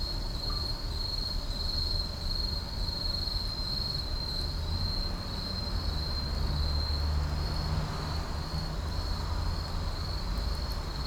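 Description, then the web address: Insects at night: a steady, high, shimmering trill that runs unbroken throughout above a constant low rumble. At night in an urban park. "boom library Urban and Suburban Urban park night insects"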